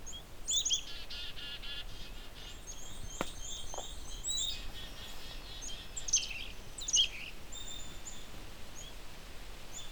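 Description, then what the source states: Black-capped Chickadee calls, a run of high buzzy notes early on, then scattered thin chips and sharp high notes over a steady background hiss. Calling behind the recordist, described as very curious.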